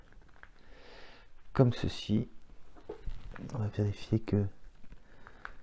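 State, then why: Seated. Someone talks while a plastic model kit part is pressed into its mounting on the model assembly. Two sharp, short clicks come at 5.3 s and 5.5 s as it goes in, and the part is seated correctly in place.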